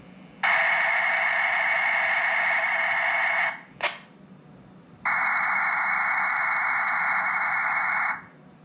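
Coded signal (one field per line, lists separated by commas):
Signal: data over sound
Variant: Rattlegram OFDM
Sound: two roughly three-second bursts of even rushing hiss, separated by a short squelch swish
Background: radio squelch noise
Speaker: what you guys just witnessed there was my ft 3D transmitting and this phone picking it up it decoded the message if you guys can see their YouTube test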